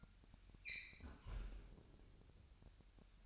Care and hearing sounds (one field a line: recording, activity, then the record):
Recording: daily activity, microphone in the room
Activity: close fridge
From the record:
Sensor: 2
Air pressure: 1001.8 hPa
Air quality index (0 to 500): 245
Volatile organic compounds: 34 ppm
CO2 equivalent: 3044 ppm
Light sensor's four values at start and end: 8/28/11/10 and 8/28/11/10